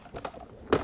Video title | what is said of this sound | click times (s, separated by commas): EV Rider Easy Move Folding Travel Scooter on QVC | gonna kind of push and pull simultaneously to hear the click and | 0.7 s